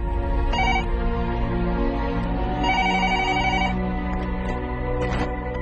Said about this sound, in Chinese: 电话响到三声，对方接起电话